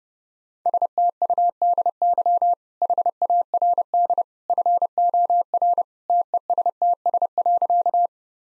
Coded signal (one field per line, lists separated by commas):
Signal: Morse code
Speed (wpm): 30 wpm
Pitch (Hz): 700 Hz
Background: none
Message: STUDY HARD FOR TESTS.